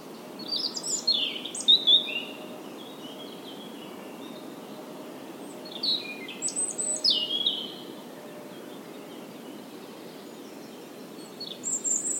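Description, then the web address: European robin song: high, thin warbled phrases with long quiet pauses between them over a steady low hiss. "SETE Erithacus rubecula"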